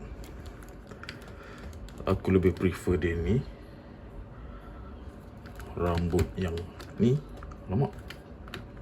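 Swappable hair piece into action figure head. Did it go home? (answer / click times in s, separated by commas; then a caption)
partly / 8.5 s. A swappable hair piece is pressed into the head of a Kong Studio Beast Deities RL005 Broly SSJ3 action figure, with light plastic ticks and taps while someone talks. A click comes at 8.5 s, but the hair piece does not go fully home and appears not fully seated.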